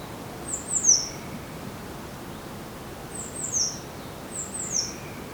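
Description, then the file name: Eurasian blue tit calling: three groups of sharp, high-pitched, falling notes spaced irregularly over five seconds, with steady faint background hiss. "Cyanistes caeruleus"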